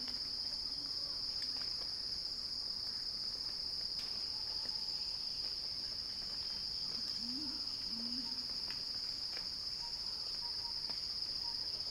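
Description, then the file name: Cicada song, a sustained high metallic buzz with no gaps, joined by a couple of short low rising calls near the middle. Cicada song described as a crescendo. "Axel-Drioli Cicada-Crescendo-Sounding-Wild"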